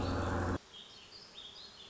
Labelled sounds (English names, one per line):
Warbling Vireo